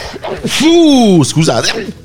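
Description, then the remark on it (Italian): A single loud sneeze from a man, brought on by the night's humidity: a drawn-out voiced intake that swoops up and down in pitch, ending in a sharp breathy burst, followed by a brief trailing vocal sound. “Scusate, però vedete, sta scendendo tutto, l'umidità di questa notte sta scendendo tutto e quindi adesso avrò un po' starnuto, faccio cose, insomma, oppure c'ho il Covid, chi lo sa.”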